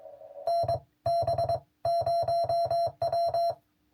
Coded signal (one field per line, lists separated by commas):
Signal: Morse code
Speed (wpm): 22 wpm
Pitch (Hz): 680 Hz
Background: music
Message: NB0W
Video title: POTA hunting with the Pebble HF QRP 20m radio kit.